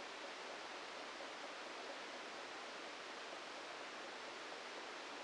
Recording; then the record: brain microelectrode recording played as sound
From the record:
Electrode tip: inside the subthalamic nucleus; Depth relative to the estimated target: 1 mm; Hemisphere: left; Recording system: NeuroSet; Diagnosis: Parkinson's disease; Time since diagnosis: 14 years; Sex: male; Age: 51 years